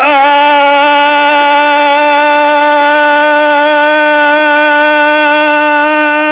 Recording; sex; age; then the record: sustained vowel /a/ by telephone; male; 70 to 79 years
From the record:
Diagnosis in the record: Parkinson's disease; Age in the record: 71 years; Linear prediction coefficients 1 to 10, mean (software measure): 1.01, -0.78, 0.44, -0.73, 0.55, -0.45, 0.18, -0.45, 0.47, -0.24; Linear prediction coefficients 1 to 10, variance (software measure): 0.022, 0.041, 0.080, 0.069, 0.077, 0.048, 0.047, 0.038, 0.036, 0.015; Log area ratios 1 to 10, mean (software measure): -1.45, 1.12, 0.03, 0.68, -0.17, 0.68, 0.27, 0.15, -0.49, 0.51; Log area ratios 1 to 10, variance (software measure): 0.034, 0.086, 0.056, 0.160, 0.073, 0.094, 0.053, 0.084, 0.052, 0.068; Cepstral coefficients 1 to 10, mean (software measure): 1.01, -0.25, -0.01, -0.51, -0.08, -0.06, -0.08, -0.27, 0.10, 0.16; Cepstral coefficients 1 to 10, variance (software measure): 0.022, 0.015, 0.020, 0.008, 0.016, 0.017, 0.007, 0.020, 0.009, 0.005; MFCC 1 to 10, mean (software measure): -1.15, 0.57, -0.72, -0.54, -0.56, -0.15, -0.04, 0.81, -0.83, 0.08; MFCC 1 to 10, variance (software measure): 0.030, 0.021, 0.019, 0.043, 0.027, 0.053, 0.054, 0.038, 0.109, 0.117